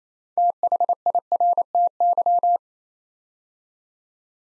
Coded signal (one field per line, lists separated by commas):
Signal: Morse code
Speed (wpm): 29 wpm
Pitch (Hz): 700 Hz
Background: none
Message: THIRTY